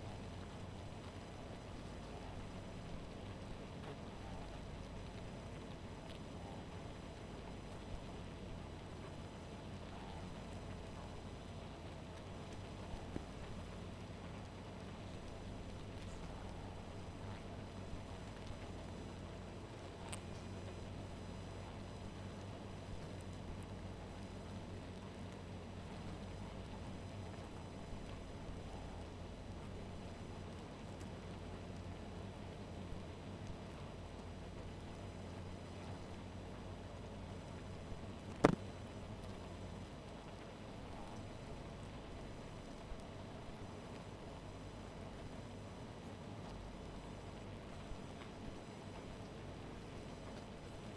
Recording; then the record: honeybee colony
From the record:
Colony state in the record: missing queen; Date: 14 July 2017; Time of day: 1:40